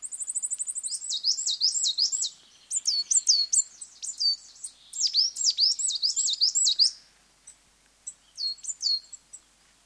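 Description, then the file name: Coal tits calling: a thin high trill opens, then a long run of quick downslurred notes, tailing off into scattered soft calls. Two pairs of coal tits displaying to each other on a territorial boundary. "Tits BBC"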